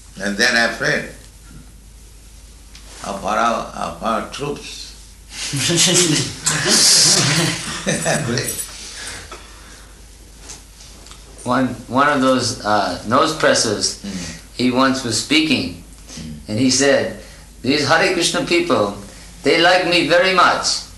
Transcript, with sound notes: And they are afraid of our troops. [laughter]
One of those nose-pressers, he once was speaking, and he said, "These Hare Kṛṣṇa people, they like me very much.